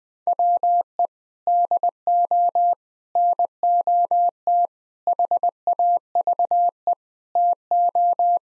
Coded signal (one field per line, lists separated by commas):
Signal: Morse code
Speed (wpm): 20 wpm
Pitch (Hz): 700 Hz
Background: none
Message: WE DO NOT HAVE TO